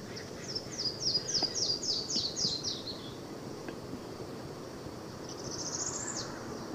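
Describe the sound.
Yellow-throated warbler song: a clear series of high, sweet whistled notes that slide downward, fading at the end, followed later by a fainter high sound.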